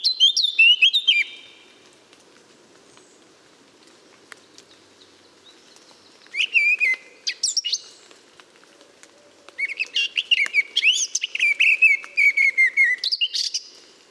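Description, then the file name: Eurasian blackcap song: brief scratchy warble leading into loud, clear fluted whistles, in three bursts separated by pauses, over a faint steady low hum. "Sylvia atricapilla"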